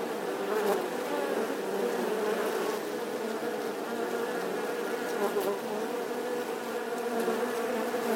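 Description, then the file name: Wasps buzzing as a dense swarm, a steady droning hum with overlapping wingbeats. Wasp swarm buzzing outside the nest. "Tieng bay ong vo ve ngoai to"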